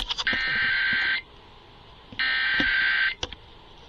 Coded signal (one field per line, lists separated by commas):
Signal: Emergency Alert System (SAME) tones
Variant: header bursts